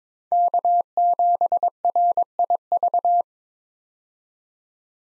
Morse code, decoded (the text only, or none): K7RIV